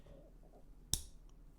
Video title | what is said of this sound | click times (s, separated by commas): Team Associated RC10 Goldpan build | we get the shock body push it in it should have a nice click | 0.9 s